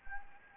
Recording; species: mosquito wingbeat signal from an infrared sensor; Anopheles arabiensis